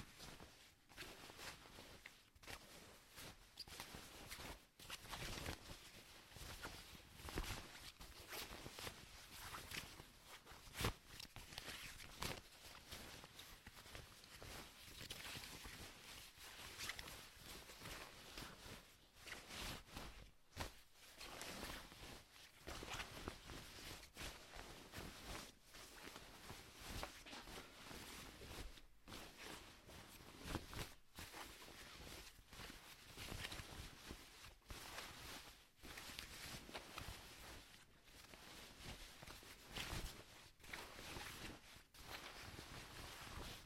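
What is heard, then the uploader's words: Waxed cotton fabric is scrunched in a continuous, dense crackle of crisp rustling that runs the whole time. The crinkling is bright and papery, rising and easing in uneven bursts, with brief quieter gaps every few seconds as the handling pauses. ASMR scrunching waxed cotton fabric. Waxed cotton fabric being scrunched.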